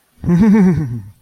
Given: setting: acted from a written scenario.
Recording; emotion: vocal sound without words; ecstasy